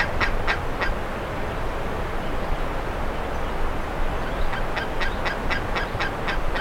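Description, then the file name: Bird gives three rasping notes at the start, falls quiet, then resumes with a quick run of harsh repeated calls near the end, over steady background hiss. "SABIOD 50 bird 2015"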